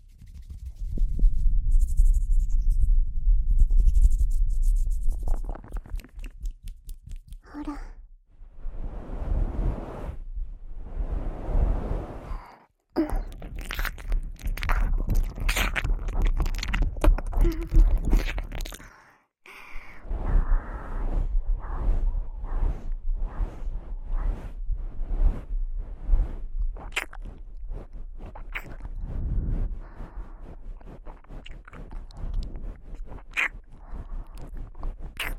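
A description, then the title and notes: Mouth sounds of ear eating: wet clicks, smacks and crunchy chewing-like noises. A deep rumbling hum fills the first few seconds, and brief silences break the stream near 8, 13 and 19 seconds. ASMR Christmas Ear Eating.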